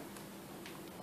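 A cable connector is handled at its socket in a drone, giving faint ticking and a brief, soft rustling burst at about 0.7 s over a steady low hum. The connector has not been pushed home; nothing has seated or clicked yet.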